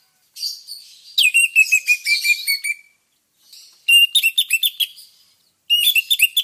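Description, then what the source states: Orange-headed thrush song: bursts of rapid, varied whistled and scratchy notes, with a softer phrase in between and short pauses separating three loud outbursts. Lure sound meant to prompt a thrush to sing vigorously; bird in full song.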